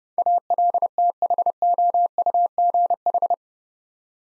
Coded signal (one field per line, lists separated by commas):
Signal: Morse code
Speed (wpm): 30 wpm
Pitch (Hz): 700 Hz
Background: none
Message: ALTHOUGH